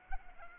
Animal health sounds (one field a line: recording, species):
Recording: mosquito wingbeat signal from an infrared sensor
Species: Anopheles arabiensis